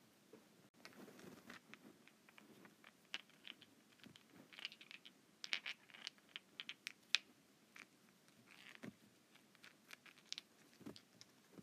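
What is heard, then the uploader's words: Rocks rub and scrape together in quick, irregular bursts of gritty clicks and crunches, with brief pauses between clusters throughout. ASMR Rock Rubbing.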